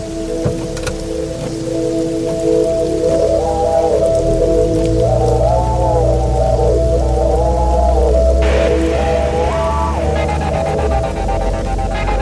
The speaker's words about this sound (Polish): Zaczął siąpić zimny deszcz.